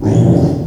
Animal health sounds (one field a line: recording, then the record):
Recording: squeal of a Yucatan mini pig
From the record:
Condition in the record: after surgery on the right vocal fold (resection and tissue-engineered implant)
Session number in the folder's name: 3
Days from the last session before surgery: 33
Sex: male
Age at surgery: 12 weeks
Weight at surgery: 13 kg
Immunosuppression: cyclosporine, prednisolone